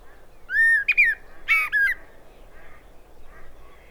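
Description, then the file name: Common blackbird delivering a brief mellow whistled phrase, several clear fluty notes with a squeaky edge, then quiet hum. "Turdus merula"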